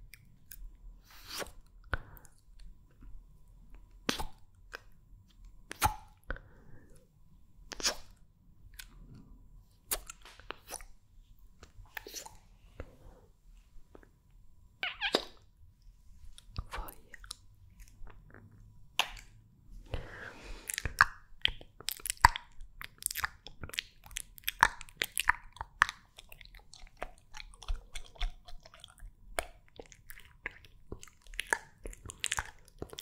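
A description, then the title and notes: Mouth sounds: wet clicks, smacks and kiss-like pops, each short and sharp with a bright edge. They come every second or two at first, then grow denser and more rapid after about twenty seconds. A faint low hum runs underneath throughout. MOUTH SOUNDS and KISS SOUNDS.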